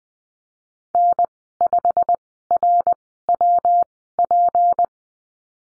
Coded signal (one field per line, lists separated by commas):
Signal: Morse code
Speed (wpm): 20 wpm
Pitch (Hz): 700 Hz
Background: none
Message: N5RWP